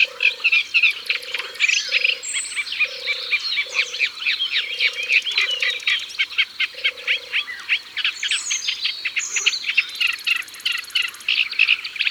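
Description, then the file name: European turtle dove giving low purring phrases in a steady series, beneath a loud, busy chorus of high bird calls. Recorded by the water. "Tourterelle des bois Au bord de leau"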